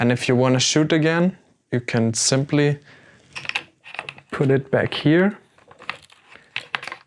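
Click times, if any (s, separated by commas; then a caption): 6.6 s, 6.8 s. A camera on its quick-release plate is pushed back into a gimbal's mount clamp while someone talks, with handling clicks and rustles in between. Sharp clicks at 6.6 s and 6.8 s are heard as the plate locks into the mount.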